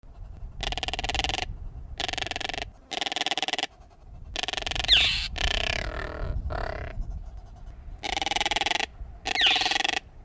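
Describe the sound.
Caracara calling in rasping, pulsed rattling bursts, with a longer hoarse, wavering squawk and short falling shrieks; low rumbling background.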